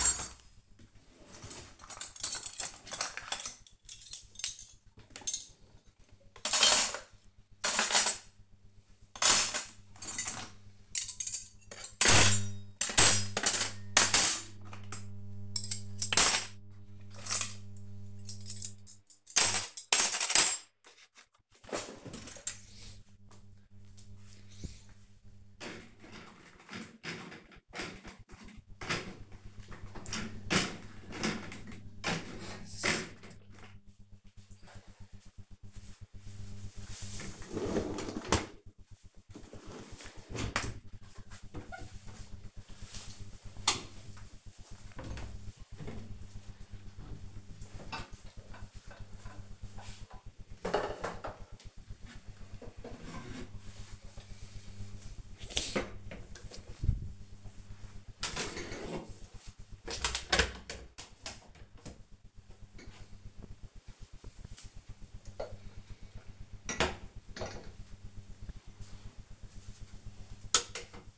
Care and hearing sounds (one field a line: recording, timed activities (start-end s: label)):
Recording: household activities, microphone on the right wrist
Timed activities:
0.00-40.62 s: cleaning out the dishwasher